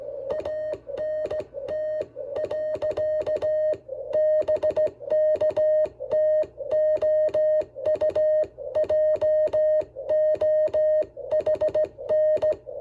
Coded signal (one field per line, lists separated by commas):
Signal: Morse code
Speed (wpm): 16 wpm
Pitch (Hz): 620 Hz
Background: music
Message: ANT. BK TO U JOHN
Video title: W3JJB SKCC QSO 033024